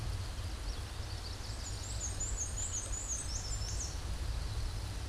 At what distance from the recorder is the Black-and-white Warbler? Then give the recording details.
about 25 m. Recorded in a Pennsylvania forest on 17 May 2023 at 12:04. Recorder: AudioMoth, point grid1_9_low. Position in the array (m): 51 m, 84 m